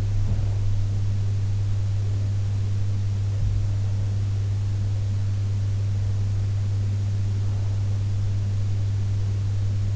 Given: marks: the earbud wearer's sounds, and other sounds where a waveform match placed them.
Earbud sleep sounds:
sounds in sleep by an in-ear microphone; breath
0.00-0.87 s: breath

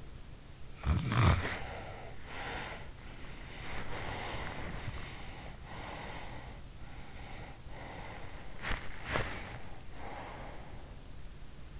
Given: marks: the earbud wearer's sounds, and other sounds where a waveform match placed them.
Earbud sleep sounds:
sounds in sleep by an in-ear microphone; snoring breath, breath, teeth grinding
0.34-2.62 s: snoring breath
3.14-6.34 s: breath
6.77-8.37 s: breath
8.37-9.83 s: teeth grinding
9.83-11.66 s: breath

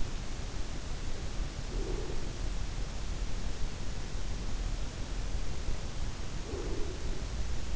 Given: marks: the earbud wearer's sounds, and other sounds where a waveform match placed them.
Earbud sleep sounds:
sounds in sleep by an in-ear microphone; breath
1.69-2.84 s: breath
6.28-7.76 s: breath

